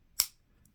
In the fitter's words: all right holding it like this finger up here and then pull apart and it'll snap into place